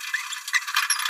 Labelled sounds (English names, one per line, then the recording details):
Green-rumped Parrotlet babbling
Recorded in a nest box in Venezuela
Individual 18B17A4